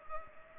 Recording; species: mosquito wingbeat signal from an infrared sensor; Culex pipiens